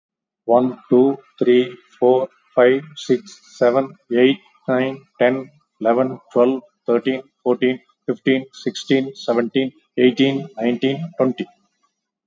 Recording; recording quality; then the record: counting at a normal pace; excellent, no background noise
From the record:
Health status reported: COVID-19 positive, mild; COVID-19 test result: positive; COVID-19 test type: RT-PCR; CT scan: taken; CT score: 3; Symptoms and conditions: cold, fatigue, loss of smell and taste, hypertension, diabetes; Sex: male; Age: 76 years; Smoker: no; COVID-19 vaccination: both doses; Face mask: worn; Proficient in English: yes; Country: India